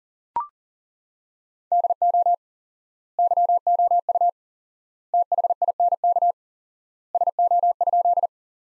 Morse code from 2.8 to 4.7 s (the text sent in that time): YOU